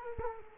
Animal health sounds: mosquito wingbeat signal from an infrared sensor; Culex quinquefasciatus

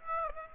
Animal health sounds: mosquito wingbeat signal from an infrared sensor; Aedes aegypti

